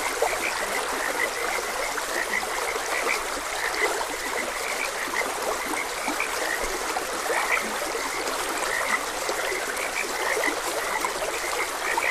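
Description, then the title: Frogs in a dense, continuous chorus of short, bubbly croaks, many overlapping at once, over a steady hiss of flowing water. Frogs croaking beside a gentle stream. "Gentle Stream and Frogs Croaking"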